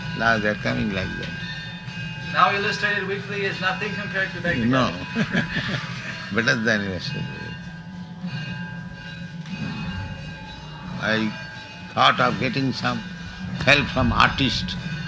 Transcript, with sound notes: Now they are coming like that.
Now Illustrated Weekly is nothing compared to Back to Godhead.
No. [laughs] Better than Illustrated Weekly. I thought of getting some help from artist.